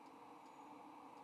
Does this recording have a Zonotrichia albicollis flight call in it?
no